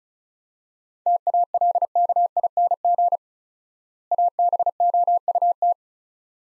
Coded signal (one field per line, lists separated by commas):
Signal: Morse code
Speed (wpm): 36 wpm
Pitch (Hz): 700 Hz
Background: none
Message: TALKING ABOUT